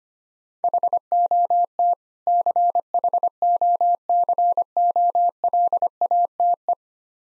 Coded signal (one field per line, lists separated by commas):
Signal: Morse code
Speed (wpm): 25 wpm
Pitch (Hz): 700 Hz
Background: none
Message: HOT CHOCOLATE